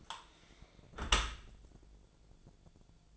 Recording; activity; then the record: daily activity, microphone in the room; close dishwasher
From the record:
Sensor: 5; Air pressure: 1000.6 hPa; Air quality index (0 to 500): 154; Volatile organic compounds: 2 ppm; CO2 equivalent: 1180 ppm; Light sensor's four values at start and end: 43/98/42/45 and 43/98/42/45